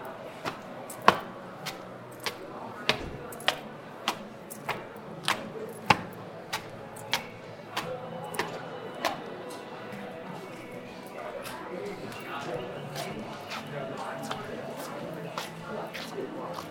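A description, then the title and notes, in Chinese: An Apple store in Beijing's Sanlitun at eight in the evening, filled with a steady, dense murmur of many overlapping voices. Sharp clicks or taps repeat at a quick, regular pace for the first nine seconds, then turn sparse while the chatter carries on. 晚上八点的Apple店｜城市声音。北京三里屯。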